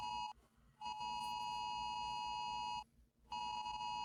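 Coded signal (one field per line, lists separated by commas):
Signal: Emergency Alert System (SAME) tones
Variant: 853 and 960 Hz attention tone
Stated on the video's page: US state EAS alarm tones played reversed.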